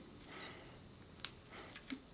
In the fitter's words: you get a click.